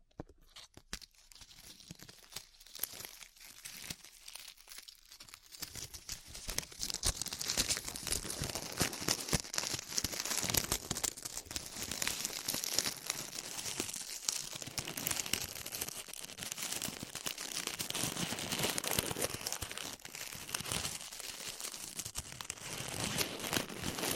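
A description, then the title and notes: Glue being peeled off ears makes a dense, sticky crackling of tiny pops and crinkles. It starts sparse and quiet for the first few seconds, then thickens around five seconds into a steady, bright, busy crackle that carries on to the end. ASMR Peeling Glue Off Your Ears (No Talking).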